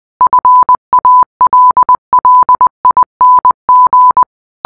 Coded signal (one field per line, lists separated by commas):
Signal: Morse code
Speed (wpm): 20 wpm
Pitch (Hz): 1000 Hz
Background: none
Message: FALLING